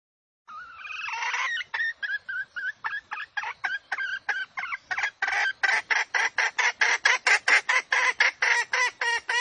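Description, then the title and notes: Junglefowl call opening with a longer wavering note, then a long run of rapid harsh clucks growing louder. Female junglefowl calls used as a lure to attract junglefowl. "Pancingan Ayam Hutan Betina. Suara Ayam Hutan Betina. Pemikat Ayam Hutan"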